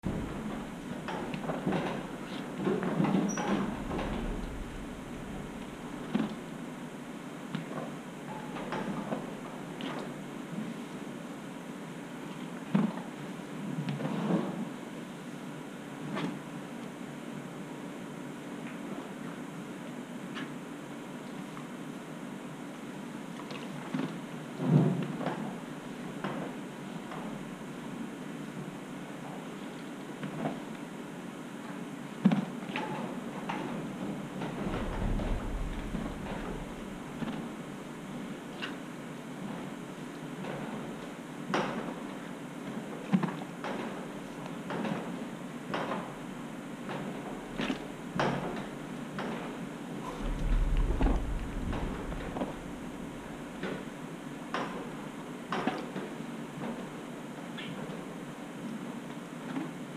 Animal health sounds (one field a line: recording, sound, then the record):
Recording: horse showing discomfort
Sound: teeth grinding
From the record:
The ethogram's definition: moving tightly clenched jaws back and forth and grating the upper and lower molars, resulting in a crunching, scraping sound